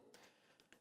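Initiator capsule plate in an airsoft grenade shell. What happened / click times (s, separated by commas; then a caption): A small metal plate clicks free when pulled / 0.7 s. A metal hex key sits in the initiator plate hole of a gas-filled airsoft grenade shell and pulls the capsule plate to initiate it. After a soft scrape near 0.1 s and a faint tick near 0.6 s, a sharp click at 0.7 s marks the initiator capsule plate releasing.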